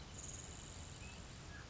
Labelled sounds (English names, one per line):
Grasshopper Sparrow